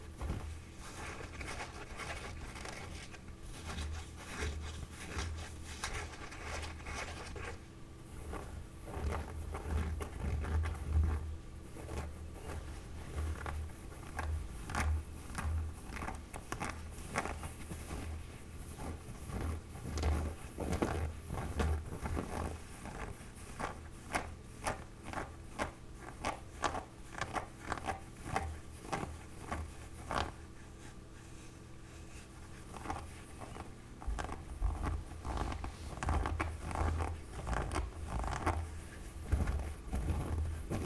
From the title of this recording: Glove Scratching